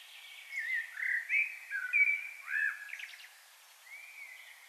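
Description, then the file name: Common blackbird singing a run of mellow, fluty warbled notes that rise and fall, ending in a higher twittering flourish, then one more slurred whistle. "Turdus merula"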